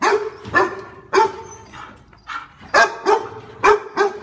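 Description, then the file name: Dog barking: several gruff barks spaced irregularly, some doubled, across a few seconds. "Tieng Cho sua hay va am"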